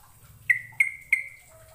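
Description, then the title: Bird calls: three sharp clicking whistles with drawn-out tails, about a third of a second apart, and a low hum underneath. "Kicau Burung"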